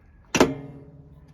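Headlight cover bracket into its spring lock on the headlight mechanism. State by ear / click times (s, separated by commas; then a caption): seated / 0.4 s. On a C3, the headlight cover mechanism is moved up and its bracket snaps home into the spring lock on the headlight mechanism, giving a smooth, not clunky click at 0.35 s. The sharp, bright click is followed by a short ringing tail that fades over the next second. The bracket is seated and fully locked in place.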